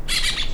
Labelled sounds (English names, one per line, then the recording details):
Brown-throated Parakeet contact call
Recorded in La Tortuga
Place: Isla La Tortuga
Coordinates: 10.925, -65.258